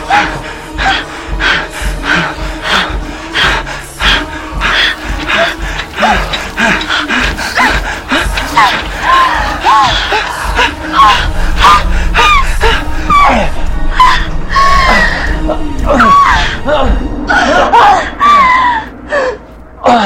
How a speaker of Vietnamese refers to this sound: Hết lần này đến lần khác, họ hưng phấn cao độ, hét ầm lên, cả căn phòng ngập tràn trong xuân tình. Ở đó chỉ có tiếng rên rỉ và tiếng thở hổn hển.